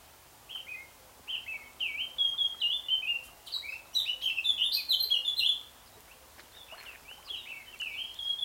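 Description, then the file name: Eurasian blackcap warbling in lively, varied phrases, loudest in the middle, then a few quieter notes at the end. "Sylvia atricapilla"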